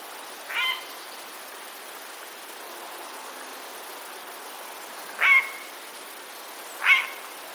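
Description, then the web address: Eurasian jay uttering three short raspy screeches, one early and two close together near the end, separated by a long quiet gap. Recorded 26 September 2021; jay's alarm call, described as a warning call. "wroblowe ostrzegator sojka 26 09 2021"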